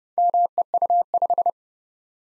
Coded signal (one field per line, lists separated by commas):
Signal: Morse code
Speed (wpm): 30 wpm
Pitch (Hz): 700 Hz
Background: none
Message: MEU5